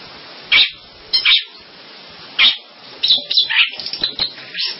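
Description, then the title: Long-tailed shrike giving a few harsh, separate squawky notes, then a quicker burst of scratchy chattering toward the end. "Kicau Burung Pentet"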